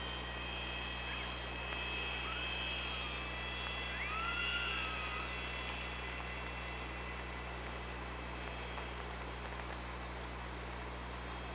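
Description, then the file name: Killer whale calls: a long flat harmonic tone, then an arching call that rises then falls, over a steady low hum. Recorded on an OrcaLab hydrophone on 24 August 2017. "Orca Lab 20170824"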